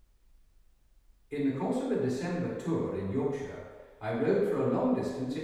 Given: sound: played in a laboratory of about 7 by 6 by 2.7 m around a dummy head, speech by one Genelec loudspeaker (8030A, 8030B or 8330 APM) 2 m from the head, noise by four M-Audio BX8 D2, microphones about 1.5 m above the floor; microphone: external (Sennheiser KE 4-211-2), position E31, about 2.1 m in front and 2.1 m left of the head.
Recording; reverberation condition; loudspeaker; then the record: male speech in English; high; 150 degrees to the right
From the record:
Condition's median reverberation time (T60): about 1300 ms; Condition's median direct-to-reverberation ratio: about -4.0 dB